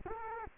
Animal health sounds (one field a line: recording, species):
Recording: mosquito wingbeat signal from an infrared sensor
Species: Culex quinquefasciatus